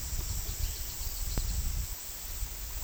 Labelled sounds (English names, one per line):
none